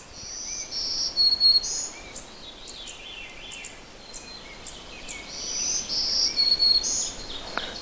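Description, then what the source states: Black-throated green warbler song: high, buzzy zee notes strung into a short phrase, given twice. Male singing from a treetop; song rendered zee-zoo, zee-zee-zoo, sometimes varied, with a buzzy zee quality; found in mixed, deciduous and boreal woods.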